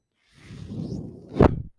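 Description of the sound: A low, airy whoosh of about 1.4 seconds ending in a soft thump: one breath delivered by a home mechanical ventilator.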